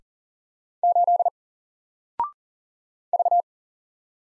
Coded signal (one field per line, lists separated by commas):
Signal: Morse code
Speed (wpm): 40 wpm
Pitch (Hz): 700 Hz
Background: none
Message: 8 V